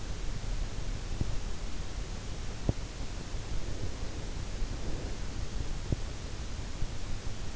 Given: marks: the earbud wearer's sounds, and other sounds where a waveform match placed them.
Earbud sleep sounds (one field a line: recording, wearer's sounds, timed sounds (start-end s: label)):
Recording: sounds in sleep by an in-ear microphone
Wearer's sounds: breath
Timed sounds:
3.63-5.19 s: breath